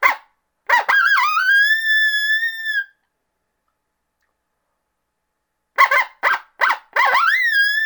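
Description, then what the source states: Coyote yips followed by a sustained, slightly falling howl, then a pause and another run of sharp yips and a further howl. Coyote greeting call.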